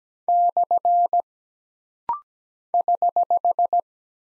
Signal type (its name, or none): Morse code